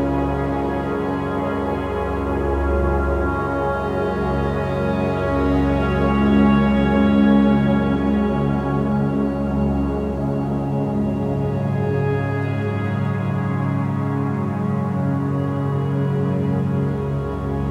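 A standup piano plays softly, with sustained chords that blend and ring into one another over a steady low bass. The level stays even throughout, with gentle swells around the middle and no sharp attacks or pauses.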